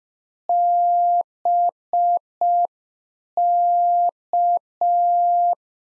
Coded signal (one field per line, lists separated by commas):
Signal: Morse code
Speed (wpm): 5 wpm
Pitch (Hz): 700 Hz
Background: none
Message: BK